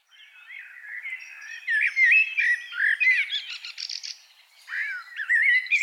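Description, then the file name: Eurasian blackbird singing, a rich, varied warble of rising and falling fluted notes, a short, high chittering burst, then a further fluty phrase. "Turdus merula"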